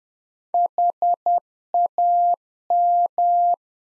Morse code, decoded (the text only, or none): HAM